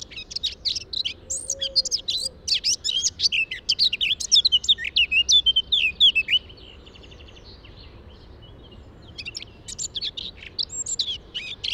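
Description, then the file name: Eurasian blackcap song: a dense, lively warble lasting six seconds, a quiet gap, then the singing resumes near the end. "Sylvia atricapilla"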